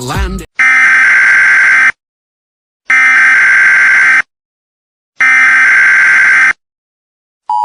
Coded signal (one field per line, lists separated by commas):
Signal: Emergency Alert System (SAME) tones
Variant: header bursts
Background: speech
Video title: |EAS SCENARIO: THE GIANT LOCUSTS|